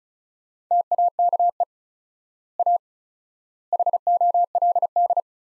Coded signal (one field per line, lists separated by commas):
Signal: Morse code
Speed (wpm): 36 wpm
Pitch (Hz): 700 Hz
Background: none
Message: TAKE A HOLD